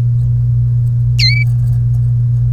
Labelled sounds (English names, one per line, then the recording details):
Domestic Canary song
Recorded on 1 May 2018 at 16:08
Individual llb3